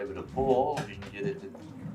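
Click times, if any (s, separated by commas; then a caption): none. A hose is being handled at a retractable hose reel, where the reel's ratchet pawl is meant to catch on a reel tooth. Someone talks throughout, over faint low-level background sound. Nothing has seated or clicked yet.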